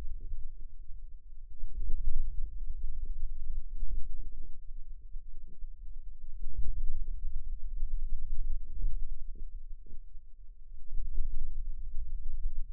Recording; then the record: forearm muscle sounds (acoustic myography)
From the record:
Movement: hand closing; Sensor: system 2, bracelet of six BSWA MPA416 microphones around the upper forearm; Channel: 1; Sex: female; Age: 21 years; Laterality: right